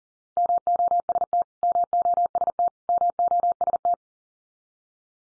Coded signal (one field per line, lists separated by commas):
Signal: Morse code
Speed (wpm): 40 wpm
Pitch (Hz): 700 Hz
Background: none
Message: MOST MOST MOST